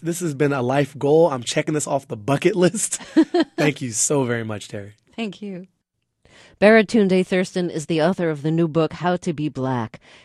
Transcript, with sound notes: This has been a life goal. I'm checking this off the bucket list.
(SOUNDBITE OF LAUGHTER)
Thank you so very much, Terry.
Thank you. Baratunde Thurston is the author of the new book "How to Be Black."